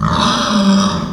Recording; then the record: squeal of a Yucatan mini pig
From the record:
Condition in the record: after surgery on the right vocal fold (resection and tissue-engineered implant); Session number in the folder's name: 16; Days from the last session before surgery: 183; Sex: female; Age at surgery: 19 weeks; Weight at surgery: 25 kg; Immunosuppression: prednisolone